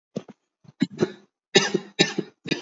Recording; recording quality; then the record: heavy voluntary cough; excellent, no background noise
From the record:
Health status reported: healthy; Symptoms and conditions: none ticked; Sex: male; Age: 25 years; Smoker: not ticked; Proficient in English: yes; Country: India